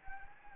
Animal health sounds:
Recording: mosquito wingbeat signal from an infrared sensor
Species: Anopheles gambiae

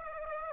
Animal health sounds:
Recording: mosquito wingbeat signal from an infrared sensor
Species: Aedes aegypti

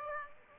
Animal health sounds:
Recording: mosquito wingbeat signal from an infrared sensor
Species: Aedes aegypti

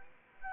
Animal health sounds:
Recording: mosquito wingbeat signal from an infrared sensor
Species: Anopheles arabiensis

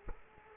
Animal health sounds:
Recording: mosquito wingbeat signal from an infrared sensor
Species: Culex quinquefasciatus

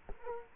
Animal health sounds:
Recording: mosquito wingbeat signal from an infrared sensor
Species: Culex quinquefasciatus

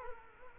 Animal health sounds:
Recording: mosquito wingbeat signal from an infrared sensor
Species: Culex quinquefasciatus

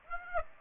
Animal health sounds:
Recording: mosquito wingbeat signal from an infrared sensor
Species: Aedes aegypti

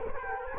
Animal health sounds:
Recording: mosquito wingbeat signal from an infrared sensor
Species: Culex quinquefasciatus

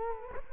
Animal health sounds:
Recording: mosquito wingbeat signal from an infrared sensor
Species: Culex quinquefasciatus

